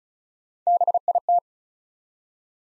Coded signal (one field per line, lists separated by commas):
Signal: Morse code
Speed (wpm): 36 wpm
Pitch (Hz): 700 Hz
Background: none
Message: BIT